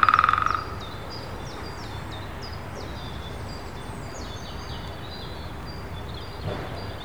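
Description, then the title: Woodpecker drumming, one fast resonant roll of rapid strikes lasting about half a second at the start, then quieter high bird song over a steady low background rumble. At least two woodpeckers heard but unseen in trees in Wandle Park, London, UK, on 3 April. "Woodpeckers in Wandle Park, London, UK on 3rd April – by Andrew Strangeway"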